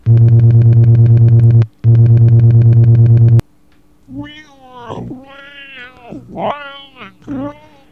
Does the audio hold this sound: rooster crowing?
no